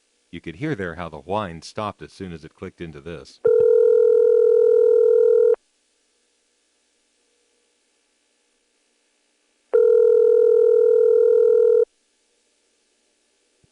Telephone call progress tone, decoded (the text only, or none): ringback tone